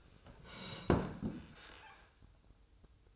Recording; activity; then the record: daily activity, microphone in the room; sit down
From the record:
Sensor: 2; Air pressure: 1004.9 hPa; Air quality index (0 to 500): 101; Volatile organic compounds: 2 ppm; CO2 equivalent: 1218 ppm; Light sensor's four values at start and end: 7/17/7/7 and 7/17/7/7